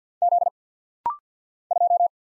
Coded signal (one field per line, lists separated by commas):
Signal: Morse code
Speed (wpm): 50 wpm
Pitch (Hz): 700 Hz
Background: none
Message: Z 2